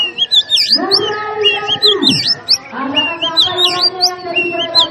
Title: Kacer Langsung Tarung Konslet KACER NGOTOT FULL TEMBAKAN Suara Masteran Kacer Hercules